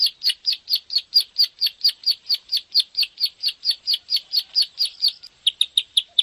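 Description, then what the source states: Bar-winged prinia singing a fast run of chirps, then after a brief pause a few shorter, clipped notes. Recording made for training songbirds.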